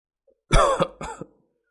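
Two harsh coughs in quick succession, the first longer and rougher, the second shorter, with a faint throaty catch at the end and no talking, as the character Diệp Hàm coughs up blood on a boat.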